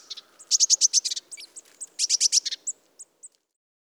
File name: Mésange-bleue